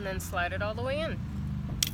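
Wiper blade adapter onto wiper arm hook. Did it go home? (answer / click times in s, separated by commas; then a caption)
yes / 1.8 s. A plastic wiper blade adapter is slid all the way up onto the metal wiper arm hook while someone talks over a low vehicle-like rumble. A sharp click at 1.8 s confirms the blade has seated on the arm.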